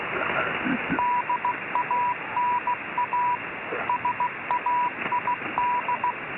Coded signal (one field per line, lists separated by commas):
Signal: Morse code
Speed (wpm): 16 wpm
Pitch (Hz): 980 Hz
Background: radio noise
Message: DANA SAID